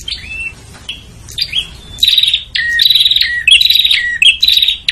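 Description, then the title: Prinia calls that begin with soft whistled notes, then shift into loud buzzy, trilled bursts delivered in quick succession. Noisy prinia calls used as a lure to attract red-headed prinias and visiting prinias. "Suara Prenjak Ribut Buat Pikat Burung Prenjak Kepala Merah Prenjak Tamu"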